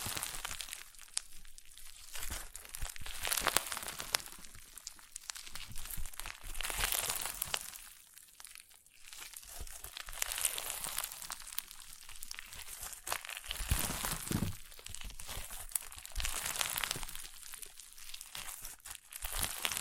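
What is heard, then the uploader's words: Crunchy slime is squeezed and worked continuously, giving dense crackling and crinkling that pops and snaps in bright bursts. The crunching swells and eases in rough waves every couple of seconds, with a brief quieter stretch around the nine-second mark and occasional louder cracks. ASMR Satisfying Crunchy Slime (No Talking).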